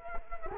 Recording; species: mosquito wingbeat signal from an infrared sensor; Culex quinquefasciatus